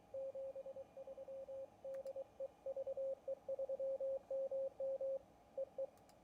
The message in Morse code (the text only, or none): 73 DE VE3MM EE